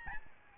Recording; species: mosquito wingbeat signal from an infrared sensor; Aedes albopictus